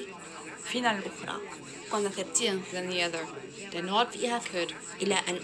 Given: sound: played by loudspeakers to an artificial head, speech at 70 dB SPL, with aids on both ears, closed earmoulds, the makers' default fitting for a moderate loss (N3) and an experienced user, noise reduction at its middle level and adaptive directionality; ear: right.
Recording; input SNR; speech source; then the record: speech test signal (ISTS) in cocktail-party noise; 0 dB; in front (0 degrees)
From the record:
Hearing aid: class 2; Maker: E